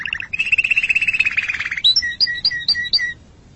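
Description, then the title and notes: Canary singing a fast rolling trill that slows into a series of separate two-part chirps, each pairing a high whistled note with a lower one. "Suara Burung Kenari"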